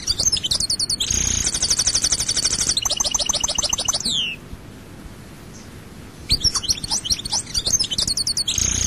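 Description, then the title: European goldfinch delivers a fast buzzy trill and jangling repeated notes ending in a down-slurred note; after a short gap, tinkling twitters start again. "Chant Chardonneret"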